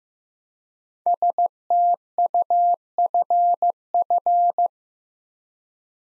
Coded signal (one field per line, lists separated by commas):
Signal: Morse code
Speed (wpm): 15 wpm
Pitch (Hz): 700 Hz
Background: none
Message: STUFF